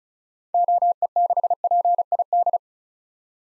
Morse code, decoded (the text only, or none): OE6PID